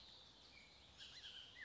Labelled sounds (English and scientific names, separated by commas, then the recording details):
Bullock's Oriole (Icterus bullockii)
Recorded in Sonoma County, California